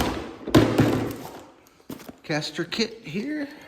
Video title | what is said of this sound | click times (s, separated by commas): 2026 Griot's Ultimate Car Wash Bucket 2.0 | Uh here's a handle. Click in place. | 0.5 s